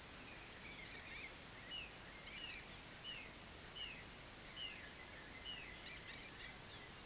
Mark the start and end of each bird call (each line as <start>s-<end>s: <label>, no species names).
0.94s-5.79s: bird call